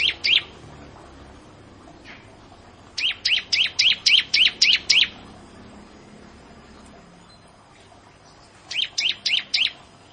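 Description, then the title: Bar-winged prinia song: a rapid series of seven or eight bright, high chirps, then a pause and a shorter run of four similar notes. "Ciblek Sawah"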